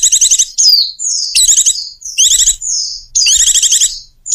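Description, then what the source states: Bird calls: rapid scratchy chatter bursts alternate with clear falling whistles, repeating roughly every second in a quick, insistent pattern. Compiled lure calls used to attract stubborn, hard-to-approach birds.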